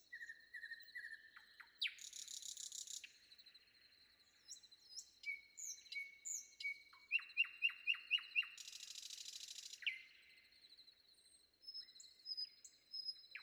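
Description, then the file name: Common nightingale song: short whistled notes, a harsh buzzy burst, a fast series of loud repeated notes and a second buzzy rattle. Sung before dawn. "predawn nightingale"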